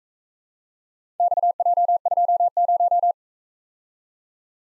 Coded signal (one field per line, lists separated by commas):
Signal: Morse code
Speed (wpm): 44 wpm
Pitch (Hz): 700 Hz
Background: none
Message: XJ20